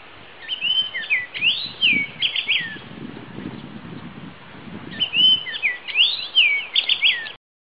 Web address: black tailed hawfinch bird call